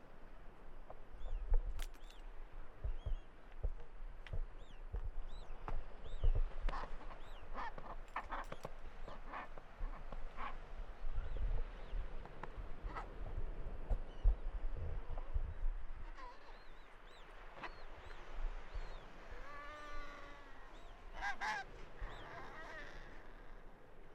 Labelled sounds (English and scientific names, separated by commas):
Chinstrap Penguin (Pygoscelis antarcticus) call